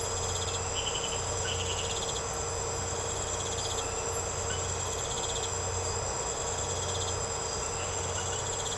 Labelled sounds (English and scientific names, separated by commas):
none